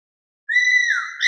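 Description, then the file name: Cuckoo-roller call: a single long clear whistle, level then slightly dipping, with strong harmonics, starting after a short silence and cut off at the end. Madagascar. "courol malgache"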